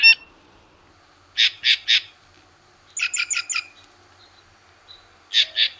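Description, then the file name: Green Jay rasping calls: two groups of three harsh notes, with one faster run of about five clipped notes in the middle. Dated 7 December 2001. "2001-12-07 Green Jay"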